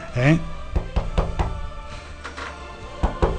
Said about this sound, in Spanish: Parece que están tocando, ¿eh? La puerta.